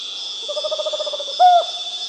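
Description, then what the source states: Tropical screech-owl giving a rapid, even trill of hooting pulses that ends in one stronger, slightly higher note, with a continuous high insect hum behind it. South America.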